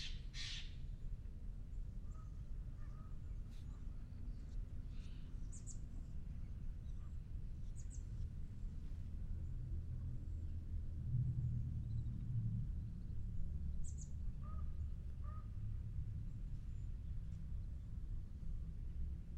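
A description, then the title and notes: In a regional park, a steady low rumble fills the scene, likely traffic, swelling slightly around the middle. Sparse, faint bird chirps and calls come through every few seconds, with a brief brighter rustle or call right at the start. Tilden Regional Park - Orinda, CA. Zoom H6. Magnetic Microphone Mounts.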